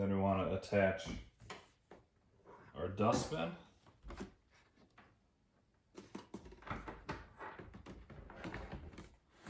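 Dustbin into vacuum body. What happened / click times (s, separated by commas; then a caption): The bin is being fitted but has not yet clicked home / none. Someone talks, then handles the plastic dustbin as it is fitted onto the body of a Shark Vertex DuoClean PowerFins upright vacuum, with short plastic knocks and rattles heard in the second half. The dustbin has not clicked into place yet; nothing has seated.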